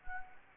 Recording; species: mosquito wingbeat signal from an infrared sensor; Anopheles gambiae